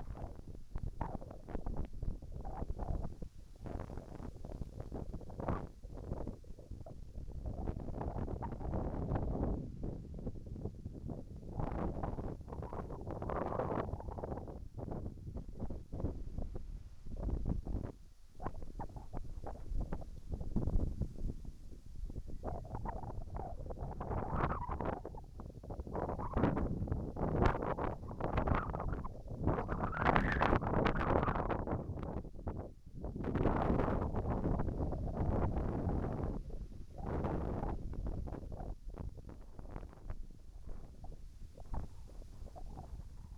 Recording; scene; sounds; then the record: everyday scene through a hearing-aid microphone; wind on the microphone; wind, whistling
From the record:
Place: in front of a rural house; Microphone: behind the ear, right, rear